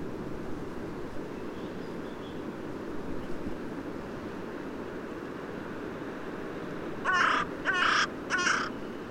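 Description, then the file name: Carrion crow caws: a quick series of three rough, nasal calls late, following a long stretch of low rumbling background noise. "Corvus corone"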